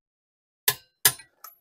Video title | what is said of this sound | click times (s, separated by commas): Replacing a Bent Dexter 3,500 Axle on a Travel Trailer (Step by Step) | You hear the click. | 0.7 s, 1.1 s